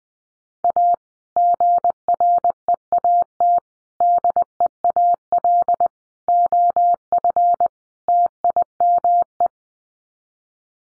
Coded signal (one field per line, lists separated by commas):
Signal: Morse code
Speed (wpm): 20 wpm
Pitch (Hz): 700 Hz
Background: none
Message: A GREAT DEAL OF TIME